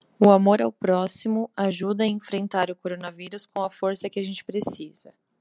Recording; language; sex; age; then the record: spoken sentence; Brazilian Portuguese; female; 30 to 39 years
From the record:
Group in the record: control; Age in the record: 33 years